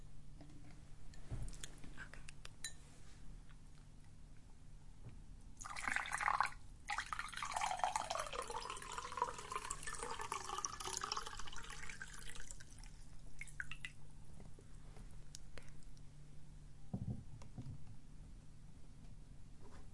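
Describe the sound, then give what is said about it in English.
Water gushes steadily into a glass for several seconds, a bright splashing stream whose tone shifts as the glass fills, with faint clinks and drips before and after. “It's very important to replace it with water. So I'll just pour a glass.”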